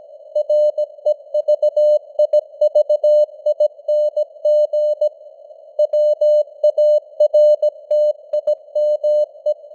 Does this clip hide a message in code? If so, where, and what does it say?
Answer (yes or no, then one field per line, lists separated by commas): yes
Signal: Morse code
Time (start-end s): 0.4-9.5 s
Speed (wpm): 17 wpm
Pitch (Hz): 600 Hz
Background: none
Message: REVIVING WARTIME